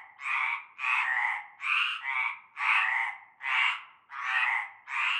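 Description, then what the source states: Frogs produce harsh, buzzy croaks in a chorus, one after another. Chorus of frogs calling from nightfall in a large concrete basin with stagnant greenish water, Avenue Cante Coucou, Groupède, La Ciotat, Bouches-du-Rhône, France.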